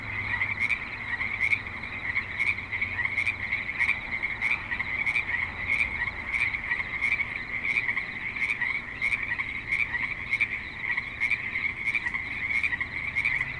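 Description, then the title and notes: Continuous frog chorus with rhythmic croaking pulses repeating steadily, a faint low hum underneath at the start. Frogs at a creek in Spanish Springs, Nevada, with light traffic and other suburban sounds. "Frogs in Spanish Springs, NV - creek view. Frogs with light traffic and other suburban sounds"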